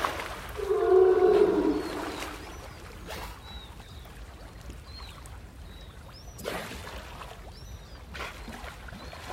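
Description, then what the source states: Sea lion bellow: one low, hoarse, harmonic roar lasting about a second and a half, followed by thin, high, slurred gull calls. Recorded alongside sub-Antarctic gulls.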